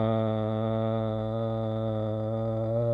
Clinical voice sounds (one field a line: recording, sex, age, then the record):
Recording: sustained vowel /a/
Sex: male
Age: 40 to 49 years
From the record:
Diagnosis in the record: amyotrophic lateral sclerosis, bulbar onset 11 months earlier, bulbar signs present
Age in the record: 40 years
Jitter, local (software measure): 0.50%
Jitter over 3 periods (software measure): 0.21%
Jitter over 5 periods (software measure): 0.29%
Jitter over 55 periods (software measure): 0.96%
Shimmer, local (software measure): 3.3%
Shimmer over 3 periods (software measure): 1.7%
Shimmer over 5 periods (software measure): 1.9%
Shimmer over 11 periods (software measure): 2.9%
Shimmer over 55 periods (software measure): 4.5%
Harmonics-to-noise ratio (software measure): 11.6 dB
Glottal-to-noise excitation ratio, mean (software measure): 0.92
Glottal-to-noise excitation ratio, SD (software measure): 0.031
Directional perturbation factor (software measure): 55.7%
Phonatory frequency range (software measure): 0.17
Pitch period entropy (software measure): 1.45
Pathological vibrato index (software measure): 0.84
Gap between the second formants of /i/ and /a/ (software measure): 985 Hz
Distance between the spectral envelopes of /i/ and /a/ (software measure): 7.9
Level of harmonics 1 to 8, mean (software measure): -5.7, -9.5, -14.5, -14.3, -7.5, -14.4, -20.0, -30.5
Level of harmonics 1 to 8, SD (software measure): 1.1, 2.2, 1.3, 2.1, 2.0, 4.2, 2.7, 5.2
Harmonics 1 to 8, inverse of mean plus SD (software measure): 0.148, 0.085, 0.063, 0.061, 0.105, 0.054, 0.044, 0.028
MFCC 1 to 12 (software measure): 5.7, -1.9, -9.4, 4.3, -8.3, 11.2, -1.6, 7.9, -14.8, -5.3, 3.8, -2.1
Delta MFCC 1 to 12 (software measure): 0.020, 0.002, -0.008, 0.015, -0.021, -0.002, 0.039, -0.014, 0.012, 0.000, -0.017, 0.008